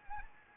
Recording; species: mosquito wingbeat signal from an infrared sensor; Anopheles arabiensis